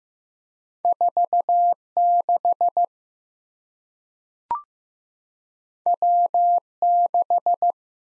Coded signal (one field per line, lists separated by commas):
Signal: Morse code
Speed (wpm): 15 wpm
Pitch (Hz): 700 Hz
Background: none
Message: 46 W6